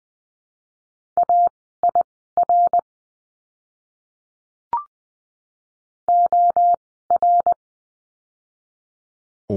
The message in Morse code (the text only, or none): AIR OR